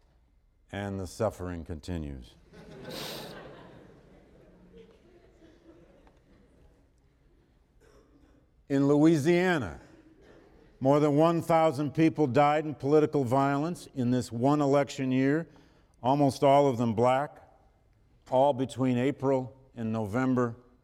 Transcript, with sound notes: And the suffering continues. [Laughter] In Louisiana, more than 1000 people died in political violence, in this one election year, almost all of them black, all between April and November